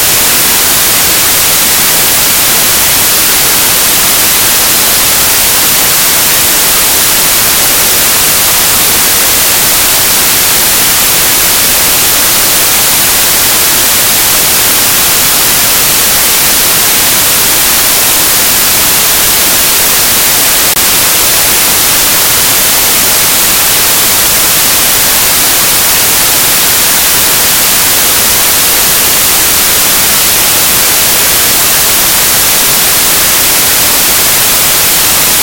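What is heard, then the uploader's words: White noise hisses evenly for the whole stretch, a dense, unchanging wash with no breaks or separate events. The sound leans bright, with the hiss strongest in the upper range and thinner at the low end, and its level holds perfectly steady throughout. White noise is a consistent, unobtrusive sound.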